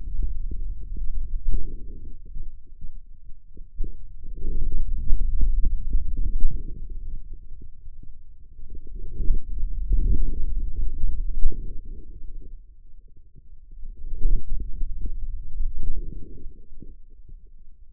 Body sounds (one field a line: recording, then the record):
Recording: forearm muscle sounds (acoustic myography)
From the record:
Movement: hand closing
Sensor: system 2, bracelet of six BSWA MPA416 microphones around the upper forearm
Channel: 6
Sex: male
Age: 22 years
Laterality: right